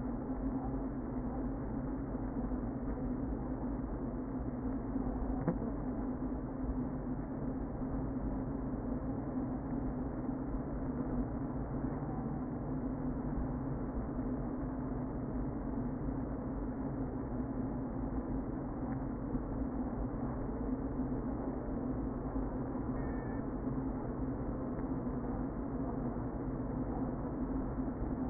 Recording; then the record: honeybee colony, microphone inside the hive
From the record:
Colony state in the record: queen present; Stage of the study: before two queens were removed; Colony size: about 60,000 bees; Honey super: yes